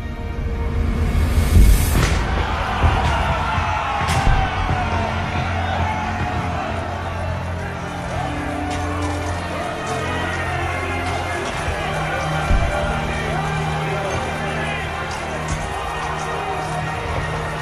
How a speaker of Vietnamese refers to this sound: Quân triều đình mặc sức đâm chém, bắn giết quân Ngân Già. Tiếng súng nổ vang trền, xen lẫn tiếng người gào thét đau đớn.